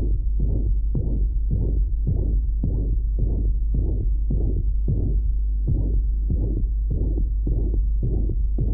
Has an innocent systolic murmur. Note the grunting character of the ejection systolic murmur and the normal splitting of the second heart sound. Recording taken at pulmonary area.